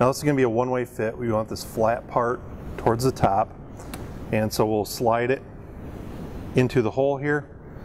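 Someone talks while handling the fuel injector's electrical pass-through connector on a Ford 6.0 liter Powerstroke, lining it up flat side toward the top (it fits only one way) to slide it into the hole in the cylinder head. Only speech and low background hum are heard, with no sharp hits. The connector is not yet home, and nothing has seated or clicked yet.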